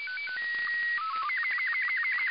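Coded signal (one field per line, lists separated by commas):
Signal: SSTV (slow-scan television)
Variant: Robot 36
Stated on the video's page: Received via satellite IO-86 voice repeater using RTL SDR with QFH antenna, receive only.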